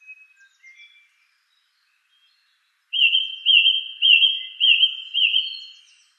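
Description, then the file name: Song thrush giving a few soft scattered notes, then a loud ringing phrase repeated five times at an even pace. "suara-kicauan-burung-song-thrush 7-omkicau"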